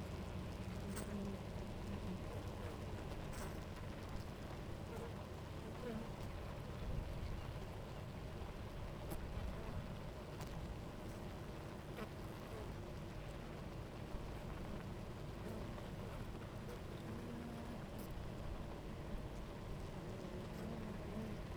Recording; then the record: honeybee colony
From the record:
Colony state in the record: active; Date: 28 July 2017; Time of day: 10:47